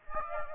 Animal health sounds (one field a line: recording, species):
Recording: mosquito wingbeat signal from an infrared sensor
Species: Aedes aegypti